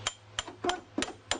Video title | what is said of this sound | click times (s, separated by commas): Replacing A Broken CV Axle On Your Car | there it is snapped in place | 1.3 s